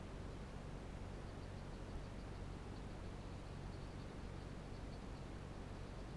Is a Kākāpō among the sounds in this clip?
no